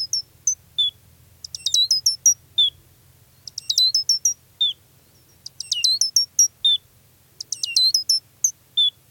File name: grays lark